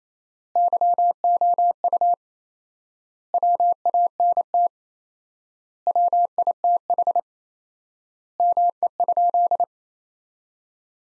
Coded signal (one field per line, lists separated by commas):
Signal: Morse code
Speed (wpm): 27 wpm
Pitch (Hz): 700 Hz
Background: none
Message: YOU WANT WITH ME?